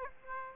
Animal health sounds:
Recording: mosquito wingbeat signal from an infrared sensor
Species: Aedes aegypti

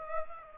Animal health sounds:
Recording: mosquito wingbeat signal from an infrared sensor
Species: Aedes aegypti

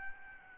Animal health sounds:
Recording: mosquito wingbeat signal from an infrared sensor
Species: Aedes albopictus

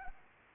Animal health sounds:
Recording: mosquito wingbeat signal from an infrared sensor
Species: Anopheles arabiensis

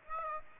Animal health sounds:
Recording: mosquito wingbeat signal from an infrared sensor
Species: Aedes aegypti

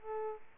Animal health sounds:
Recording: mosquito wingbeat signal from an infrared sensor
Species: Culex pipiens

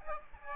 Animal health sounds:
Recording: mosquito wingbeat signal from an infrared sensor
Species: Aedes aegypti

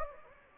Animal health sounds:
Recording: mosquito wingbeat signal from an infrared sensor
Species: Anopheles gambiae

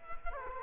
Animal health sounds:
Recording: mosquito wingbeat signal from an infrared sensor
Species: Culex quinquefasciatus

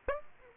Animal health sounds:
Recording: mosquito wingbeat signal from an infrared sensor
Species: Aedes aegypti

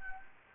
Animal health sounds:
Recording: mosquito wingbeat signal from an infrared sensor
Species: Anopheles gambiae

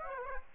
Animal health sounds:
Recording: mosquito wingbeat signal from an infrared sensor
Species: Aedes aegypti

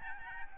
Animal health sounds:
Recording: mosquito wingbeat signal from an infrared sensor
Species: Aedes albopictus

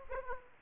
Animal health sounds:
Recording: mosquito wingbeat signal from an infrared sensor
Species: Aedes aegypti

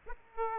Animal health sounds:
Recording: mosquito wingbeat signal from an infrared sensor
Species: Aedes aegypti

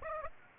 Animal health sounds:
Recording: mosquito wingbeat signal from an infrared sensor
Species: Aedes aegypti

